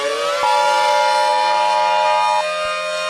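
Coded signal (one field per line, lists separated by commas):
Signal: Emergency Alert System (SAME) tones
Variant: 853 and 960 Hz attention tone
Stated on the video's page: Fictional EAS scenario.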